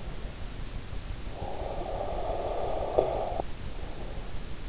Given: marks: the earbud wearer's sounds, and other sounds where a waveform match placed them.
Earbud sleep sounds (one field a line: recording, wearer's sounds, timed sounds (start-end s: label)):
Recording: sounds in sleep by an in-ear microphone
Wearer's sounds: breath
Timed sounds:
1.01-4.59 s: breath